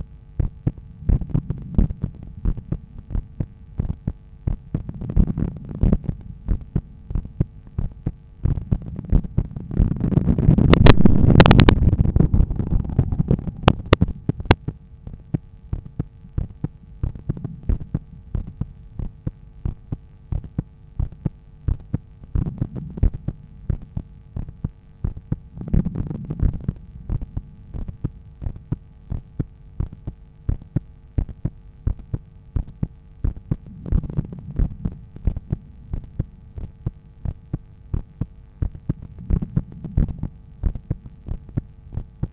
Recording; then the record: heart sounds by stethoscope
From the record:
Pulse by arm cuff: 85 bpm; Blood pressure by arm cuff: 123/72 mmHg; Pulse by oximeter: 87 bpm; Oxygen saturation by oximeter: 98%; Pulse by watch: 91 bpm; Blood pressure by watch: 113/75 mmHg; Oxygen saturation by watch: 97%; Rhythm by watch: sinus rhythm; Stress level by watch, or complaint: light headache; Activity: after coffee and smoking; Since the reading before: plus 450 steps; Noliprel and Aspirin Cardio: after pills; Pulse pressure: 51 mmHg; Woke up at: 6:50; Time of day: 11:10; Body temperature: 36.6 C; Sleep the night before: 8 h 16 min, score 66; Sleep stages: REM 20%, light 64%, deep 6%, awake 10%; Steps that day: 6850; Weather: light rain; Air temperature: 18.4 C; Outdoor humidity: 90%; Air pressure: 1007 hPa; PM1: 2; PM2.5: 5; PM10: 7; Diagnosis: hypertension, treated with Noliprel and Aspirin Cardio 100 mg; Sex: male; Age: 53 years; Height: 174 cm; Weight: 81 kg